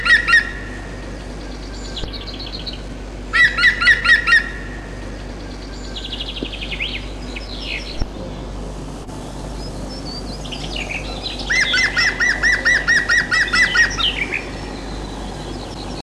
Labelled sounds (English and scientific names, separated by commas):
European Green Woodpecker (Picus viridis) song